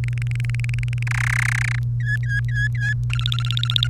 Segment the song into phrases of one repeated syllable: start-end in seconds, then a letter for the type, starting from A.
0.04-1.03 A, 1.07-1.79 B, 2.00-2.94 C, 3.10-3.90 D